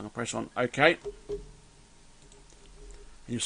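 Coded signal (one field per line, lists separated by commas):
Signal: none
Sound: computer clicks and beeps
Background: speech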